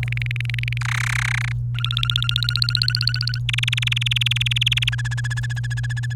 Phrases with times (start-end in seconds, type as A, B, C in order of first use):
0.00-0.78 A, 0.81-1.52 B, 1.74-3.39 C, 3.49-4.89 D, 4.92-6.13 E